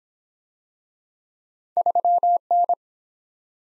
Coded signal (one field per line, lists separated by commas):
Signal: Morse code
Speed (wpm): 23 wpm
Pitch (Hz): 700 Hz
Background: none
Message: 3N